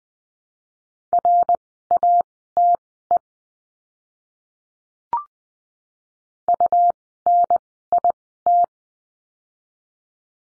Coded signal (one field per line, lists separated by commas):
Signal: Morse code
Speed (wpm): 20 wpm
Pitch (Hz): 700 Hz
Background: none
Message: RATE UNIT